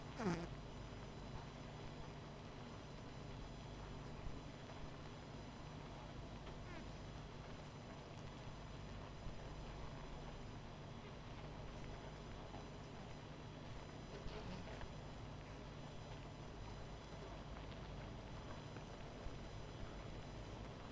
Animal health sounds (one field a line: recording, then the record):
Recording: honeybee colony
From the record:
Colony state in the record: missing queen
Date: 14 July 2017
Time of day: 19:50